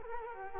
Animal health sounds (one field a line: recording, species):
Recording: mosquito wingbeat signal from an infrared sensor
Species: Culex quinquefasciatus